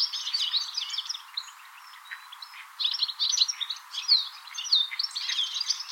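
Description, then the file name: European goldfinch twittering, a dense run of fast, tinkling chirps and trills with a short quieter pause midway; no other clear sounds. "Carduelis carduelis"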